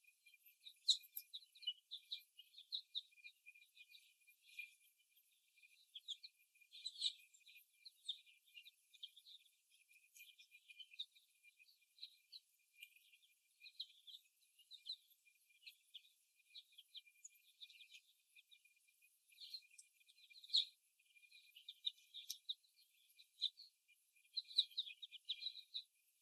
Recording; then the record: young laying hens in a cage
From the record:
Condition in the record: before the stressor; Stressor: simulated dog barking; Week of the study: 1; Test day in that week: 1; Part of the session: 1